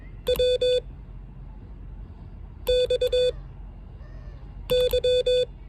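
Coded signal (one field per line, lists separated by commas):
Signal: Morse code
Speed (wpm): 21 wpm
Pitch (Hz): 500 Hz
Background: none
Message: W X Y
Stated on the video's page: Morse code alphabet lesson number five, sent with an American Morse paddle.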